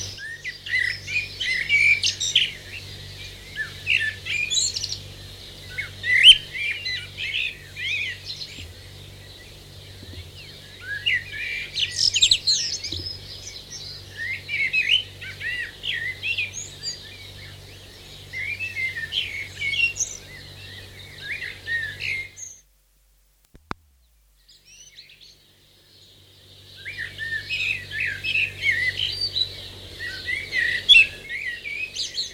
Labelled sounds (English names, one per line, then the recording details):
Common Blackbird
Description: Dawn chorus with blackbirds in the foreground
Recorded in New Zealand